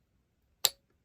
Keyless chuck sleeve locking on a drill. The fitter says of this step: okay you heard that click here listen again